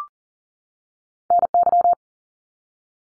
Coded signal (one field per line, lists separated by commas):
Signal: Morse code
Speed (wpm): 40 wpm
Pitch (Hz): 700 Hz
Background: none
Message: NY